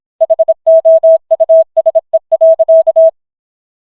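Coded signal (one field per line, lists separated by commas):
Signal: Morse code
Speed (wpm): 26 wpm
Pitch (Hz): 650 Hz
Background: none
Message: HOUSE.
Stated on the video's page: Morse code rendition of a cartoon scene.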